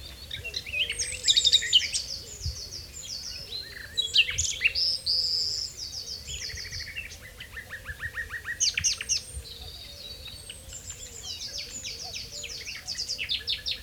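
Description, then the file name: Common nightingale song mixing sweeping whistles, sharp chirps and runs of rapid repeated notes in varied phrases, with low wavering calls continuing in the background. "Luscinia megarhynchos"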